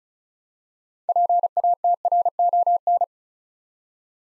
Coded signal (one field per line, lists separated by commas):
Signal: Morse code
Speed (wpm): 36 wpm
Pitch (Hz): 700 Hz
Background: none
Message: PATRON